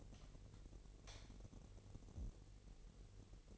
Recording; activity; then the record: daily activity, microphone in the room; light on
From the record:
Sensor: 4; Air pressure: 1012.7 hPa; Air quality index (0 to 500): 248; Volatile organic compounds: 4 ppm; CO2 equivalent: 1651 ppm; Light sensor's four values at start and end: 14/32/13/13 and 16/39/15/16